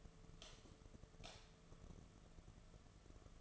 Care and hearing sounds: daily activity, microphone in the room; light off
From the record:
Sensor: 4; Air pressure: 1015.6 hPa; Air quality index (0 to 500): 181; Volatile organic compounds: 8 ppm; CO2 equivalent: 2089 ppm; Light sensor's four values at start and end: 20/49/20/22 and 20/46/19/20

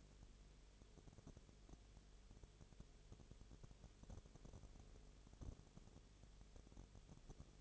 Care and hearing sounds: daily activity, microphone in the room; no activity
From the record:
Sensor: 4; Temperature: 22.0 degrees Celsius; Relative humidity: 29.4%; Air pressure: 1002.1 hPa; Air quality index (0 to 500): 60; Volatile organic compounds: 1 ppm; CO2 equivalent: 611 ppm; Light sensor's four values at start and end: 2/3/1/1 and 2/3/1/1

